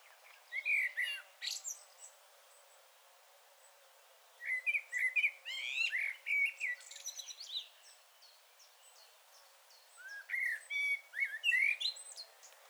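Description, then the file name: Common blackbird phrases of varied warbled and chirping notes in three bursts with pauses between, mixed with high twittering. "Turdus merula"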